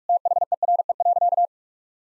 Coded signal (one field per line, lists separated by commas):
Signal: Morse code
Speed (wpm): 46 wpm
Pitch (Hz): 700 Hz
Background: none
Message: THERE.